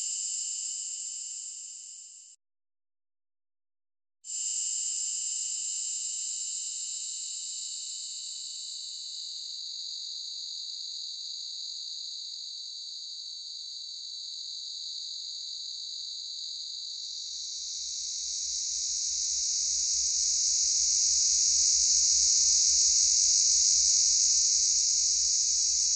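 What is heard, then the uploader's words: A cicada buzzes in a steady, high, hissing drone that cuts out completely for about two seconds near the start, then resumes. The tone shifts slightly after ten seconds and swells louder toward the end, where a low, rapid pulsing joins underneath. Cicada.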